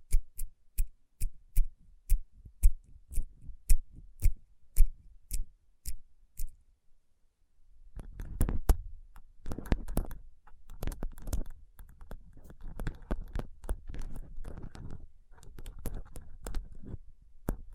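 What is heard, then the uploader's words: Rhinestone-covered palms are tapped in crisp, regular clicks for about six seconds, then after a pause rubbed in dense, gritty scratching bursts. Tapping & Rubbing Rhinestone Covered Palms.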